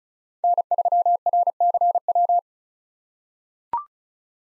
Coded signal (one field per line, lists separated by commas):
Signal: Morse code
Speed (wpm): 34 wpm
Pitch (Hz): 700 Hz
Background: none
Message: N3RCW